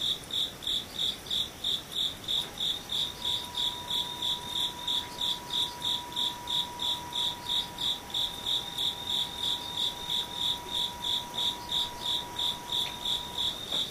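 An insect chirps in a fast, steady, high-pitched pulse throughout, while a thin sustained tone hums underneath from about two seconds on.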